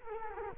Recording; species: mosquito wingbeat signal from an infrared sensor; Culex quinquefasciatus